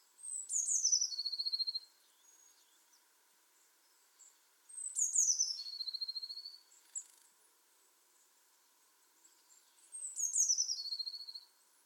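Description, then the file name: Eurasian blue tit repeating a high phrase about every five seconds: thin descending notes running into a quick, lower, buzzy trill, three times in all. "Cyanistes caeruleus"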